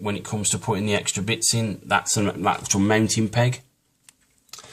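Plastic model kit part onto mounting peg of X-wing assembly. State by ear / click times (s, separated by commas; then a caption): seated / 4.5 s. A plastic part from a Bandai 1/72 X-Wing model kit is pressed onto its mounting peg. Someone talks until about 3.6 s, then after a brief quiet a few faint ticks are heard. A sharp snap at 4.5 s marks the part seating in place.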